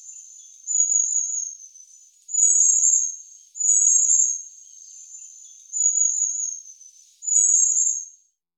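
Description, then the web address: Long-tailed tit thin, high, slightly buzzy calls in drawn-out bursts about a second long, repeated at irregular intervals, with no other clear sounds. "IVN Zangvogels. Staartmees"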